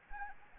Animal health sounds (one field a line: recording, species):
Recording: mosquito wingbeat signal from an infrared sensor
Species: Anopheles arabiensis